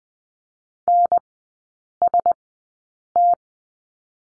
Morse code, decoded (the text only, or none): NST